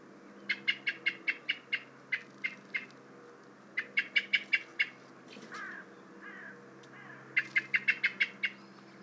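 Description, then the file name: Common blackbird uttering three bursts of hard, evenly spaced chink notes, with a couple of softer, lower chirps between the second and third bursts. "Turdus merula"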